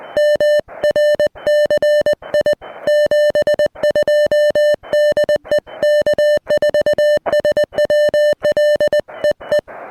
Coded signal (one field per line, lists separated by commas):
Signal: Morse code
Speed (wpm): 20 wpm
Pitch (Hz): 3000 Hz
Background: music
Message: MRCI 72 DE K4SWL EE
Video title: Delta Loops and ‘Gorge’-ous Views: SOTA with Scott and Vlado!